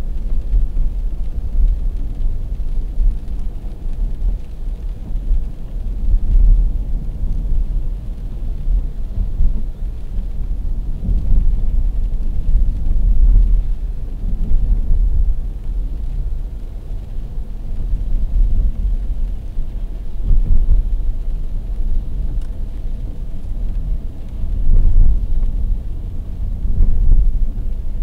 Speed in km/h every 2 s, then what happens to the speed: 51, 53, 52, 50, 50, 49, 49, 50, 50, 47, 45, 43, 39, 38.
0-16 steady at about 50. 16-28 slows to 38.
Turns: none.